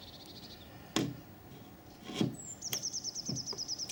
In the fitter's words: And then that has snapped off the rivet inside.